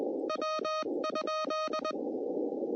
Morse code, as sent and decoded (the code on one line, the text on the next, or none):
.-- ..--..
W?